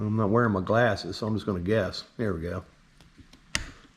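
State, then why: Seated. While rewiring a motor, a wire connector is pushed onto its motor terminal as someone talks. After a couple of faint ticks, the connector seats with a sharp click at 3.6 seconds, clicking right on.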